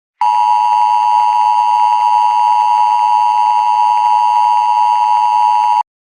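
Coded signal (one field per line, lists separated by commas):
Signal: Emergency Alert System (SAME) tones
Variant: 853 and 960 Hz attention tone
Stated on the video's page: Required Weekly Test shown as a Verizon FiOS cable TV scroll.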